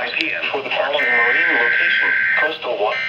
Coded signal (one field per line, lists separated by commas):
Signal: Emergency Alert System (SAME) tones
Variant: header bursts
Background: speech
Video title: (3 OF THEM!!!) Required Weekly Tests (EAS #191-196)